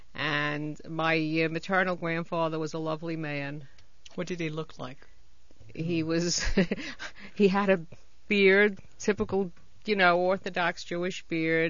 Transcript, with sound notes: And my maternal grandfather was a lovely man.
What did he look like?
He was, (). ( she laughs ) He had a beard. Typical, you know, Orthodox Jewish beard.